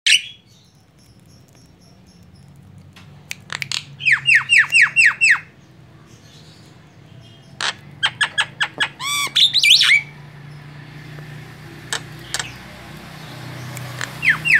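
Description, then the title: Javan myna song: bursts of grating, descending squawks separated by pauses, with scattered clicks, low hum beneath. Very noisy tutor song meant for training other songbirds. "Jalak Kebo Master Suara Super Berisik Buat Masteran"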